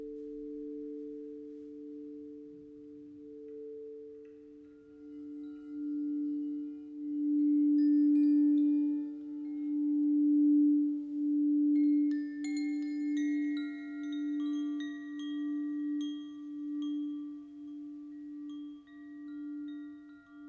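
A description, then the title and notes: Sound bath with a singing bowl ringing on a steady low hum and a fainter higher tone above it, swelling and fading in slow pulses. From about twelve seconds, bright shimmering chime-like tones join in, scattered and sustained over the drone. Sound bath.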